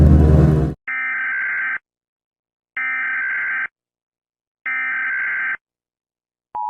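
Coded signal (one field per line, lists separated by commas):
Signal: Emergency Alert System (SAME) tones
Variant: header bursts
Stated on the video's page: Fictional entertainment scenario using valid EAS tones.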